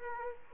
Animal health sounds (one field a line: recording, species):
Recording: mosquito wingbeat signal from an infrared sensor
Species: Aedes aegypti